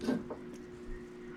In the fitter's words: I didn't hear a click but I did hear something